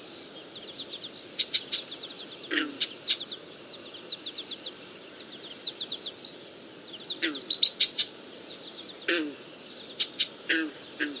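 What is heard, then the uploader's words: Blackbirds call over a marsh with a steady, dense chorus of rapid, repeated chirps that runs the whole time. Sharper, louder calls and clicks cut through at irregular moments, around three, seven to eight, and nine to ten seconds, above a low rumbling murmur. Blackbirds and frogs in the marsh at the bottom of my neighborhood.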